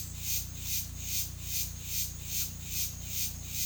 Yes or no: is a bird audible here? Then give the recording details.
no. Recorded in pastures near Puerto Asís, Putumayo, Colombia, on 18 December 2024 at 10:00. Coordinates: 0.472, -76.331. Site GP02